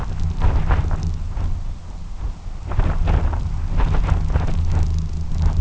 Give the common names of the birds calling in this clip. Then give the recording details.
none. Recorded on Arctic tundra, site UTQI-2, on 12 June 2019. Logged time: 04:00